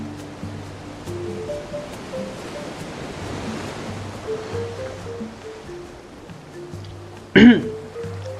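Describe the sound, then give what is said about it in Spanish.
Steady rushing wash of sea waves at high tide at night rolls on for several seconds, with faint low sustained tones underneath and a sudden sharp knock near the end. “Entonces se pone su sombrero, coge su canoa y se adentra en la oscuridad del mar, volviendo a su hogar.”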